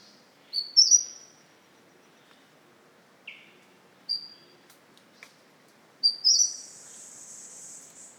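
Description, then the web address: Mistletoebird calls: thin high whistled notes and short chips separated by pauses, ending in a long, high drawn-out note, with a faint quiet background. "Mistletoebird. صدای-پرنده-مرغ-دارواش"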